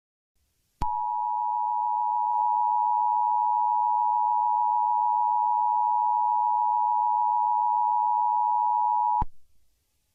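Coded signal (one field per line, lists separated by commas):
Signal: Emergency Alert System (SAME) tones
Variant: 853 and 960 Hz attention tone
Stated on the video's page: Fictional EAS scenario in analog horror style.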